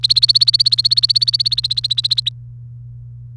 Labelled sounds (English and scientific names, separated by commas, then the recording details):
Domestic Canary (Serinus canaria) song
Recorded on 28 April 2018 at 17:59
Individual llb3